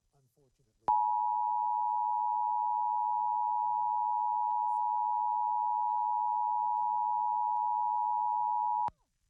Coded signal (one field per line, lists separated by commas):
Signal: Emergency Alert System (SAME) tones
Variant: 853 and 960 Hz attention tone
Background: speech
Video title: KTVE Emergency Alert System (EAS) Test, 5/18/2021